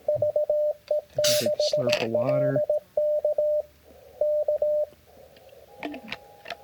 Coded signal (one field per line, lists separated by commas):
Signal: Morse code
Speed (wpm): 18 wpm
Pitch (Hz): 600 Hz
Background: speech, radio noise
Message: VE6LK K